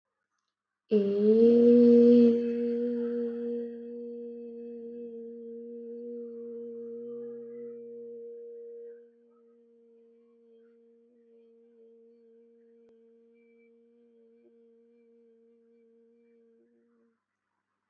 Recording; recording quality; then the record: sustained vowel as in made; excellent, no background noise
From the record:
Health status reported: healthy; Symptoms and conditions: none ticked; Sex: female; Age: 18 years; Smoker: not ticked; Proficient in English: yes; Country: India